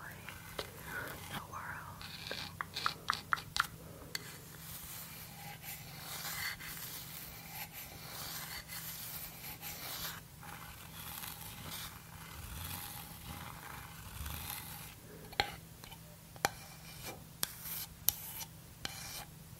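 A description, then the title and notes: Slow tapping and scratching sounds, with soft rubbing and rasping strokes running through most of the clip. Sharp, bright taps cluster around two to four seconds and return sparsely near the end, over a steady low hum. Slow Tapping and Scratching.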